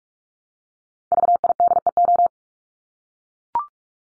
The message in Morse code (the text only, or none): VIDEO